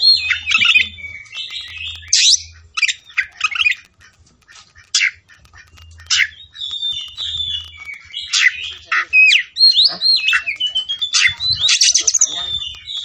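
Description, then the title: Oriental magpie-robin pouring out scratchy chatters and bright whistled phrases, some rising, in irregular bursts with brief silences; soft low hum repeating beneath. Kacer fighting song (ngotot, full tembakan), meant to make a kacer fight within minutes. "Kacer Langsung Tarung Konslet KACER NGOTOT FULL TEMBAKAN"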